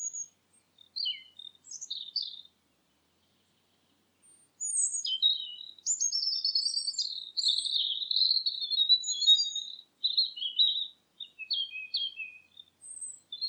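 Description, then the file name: Bird chirping in high, scattered twitters, then a dense run of warbled chirps for several seconds, then more short chirp bursts. "filtered sound bird"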